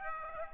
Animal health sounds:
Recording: mosquito wingbeat signal from an infrared sensor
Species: Aedes aegypti

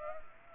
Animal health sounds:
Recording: mosquito wingbeat signal from an infrared sensor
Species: Culex pipiens

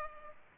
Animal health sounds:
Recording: mosquito wingbeat signal from an infrared sensor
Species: Culex pipiens

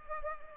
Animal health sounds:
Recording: mosquito wingbeat signal from an infrared sensor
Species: Culex pipiens

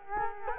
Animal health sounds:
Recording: mosquito wingbeat signal from an infrared sensor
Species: Culex quinquefasciatus

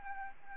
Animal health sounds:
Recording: mosquito wingbeat signal from an infrared sensor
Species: Aedes albopictus

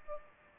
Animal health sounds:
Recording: mosquito wingbeat signal from an infrared sensor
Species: Aedes aegypti

